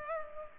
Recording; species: mosquito wingbeat signal from an infrared sensor; Culex pipiens